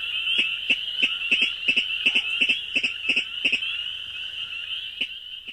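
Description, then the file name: Virginia rail calling with sharp, harsh clicks in quick uneven runs, set against a constant high-pitched buzzing drone. Survey training; the harsh kdick call, quickly repeated several times, beginning with a single-syllabled kick. "Virginia Rail-mmp training"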